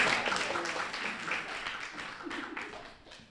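A crowd claps steadily, a dense patter of many hands sustained for a few seconds before thinning out, with faint voices mixed in beneath.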